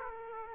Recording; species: mosquito wingbeat signal from an infrared sensor; Aedes aegypti